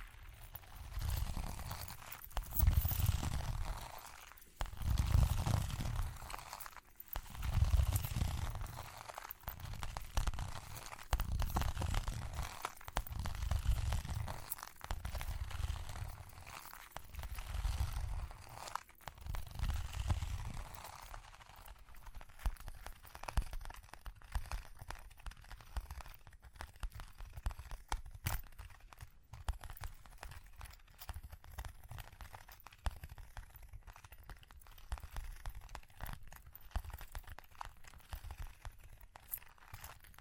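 Scratching and tapping sounds fill the first twenty seconds, with dull low thumps arriving roughly once a second under a dense crackly rustle. After that the thumps stop, leaving quieter, sparse scratches and sharp little ticks, like faint jingling, through to the end.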